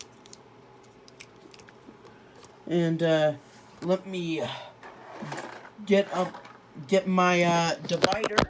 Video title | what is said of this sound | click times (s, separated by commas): Review: buzzworthy bumblebee, deluxe class Kup | maneuver it a bit but then it'll lock into place like so | 0.0 s